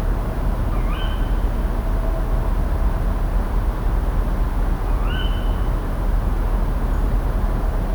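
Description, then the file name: Tawny owl calling twice, each a quick upward-sweeping note that flattens out, about four seconds apart, against constant low rumbling background noise. "Strix aluco - Tawny Owl"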